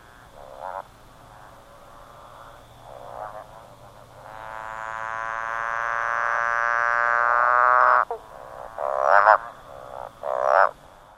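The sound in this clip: Motorbike frog call: soft short notes, then a long droning note swelling steadily for about four seconds, followed by two brief sharp bursts.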